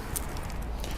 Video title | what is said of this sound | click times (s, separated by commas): Vevor PP Tiles: The Ultimate Snowmobile Trailer Floor Hack? | I just use a rubber mallet and it'll snap right into each other here. | 0.2 s, 0.8 s